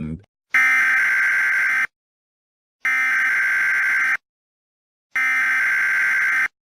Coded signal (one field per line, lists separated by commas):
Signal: Emergency Alert System (SAME) tones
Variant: header bursts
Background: speech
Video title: 'Make America Radioactive Again' (US Domestic Nuking EAS Prank)